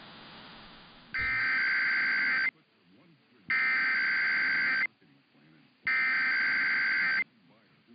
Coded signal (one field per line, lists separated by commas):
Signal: Emergency Alert System (SAME) tones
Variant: header bursts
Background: speech